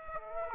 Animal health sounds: mosquito wingbeat signal from an infrared sensor; Aedes aegypti

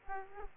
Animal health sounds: mosquito wingbeat signal from an infrared sensor; Aedes aegypti

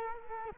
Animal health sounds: mosquito wingbeat signal from an infrared sensor; Culex quinquefasciatus

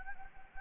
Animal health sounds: mosquito wingbeat signal from an infrared sensor; Anopheles gambiae

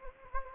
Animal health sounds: mosquito wingbeat signal from an infrared sensor; Anopheles gambiae

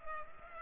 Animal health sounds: mosquito wingbeat signal from an infrared sensor; Culex pipiens

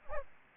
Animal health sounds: mosquito wingbeat signal from an infrared sensor; Anopheles arabiensis

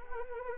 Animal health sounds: mosquito wingbeat signal from an infrared sensor; Anopheles arabiensis

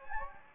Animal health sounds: mosquito wingbeat signal from an infrared sensor; Anopheles gambiae

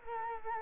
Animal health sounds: mosquito wingbeat signal from an infrared sensor; Culex quinquefasciatus

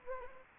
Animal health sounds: mosquito wingbeat signal from an infrared sensor; Anopheles arabiensis

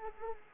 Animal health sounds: mosquito wingbeat signal from an infrared sensor; Anopheles gambiae

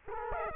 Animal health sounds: mosquito wingbeat signal from an infrared sensor; Culex quinquefasciatus

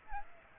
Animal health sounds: mosquito wingbeat signal from an infrared sensor; Aedes aegypti

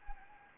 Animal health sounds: mosquito wingbeat signal from an infrared sensor; Anopheles gambiae

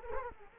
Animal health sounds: mosquito wingbeat signal from an infrared sensor; Culex quinquefasciatus

